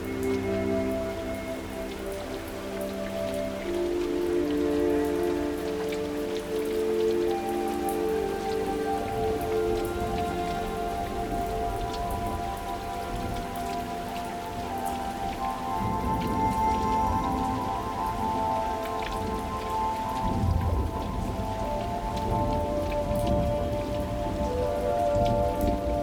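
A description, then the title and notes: Rain falls steadily outside a window, a dense, even patter with fine drops ticking throughout the 26 seconds. A low, steady hum and drawn-out tonal lines sit underneath, shifting slightly around the midpoint, while the overall loudness stays nearly constant. Rain Outside the Window Tonight.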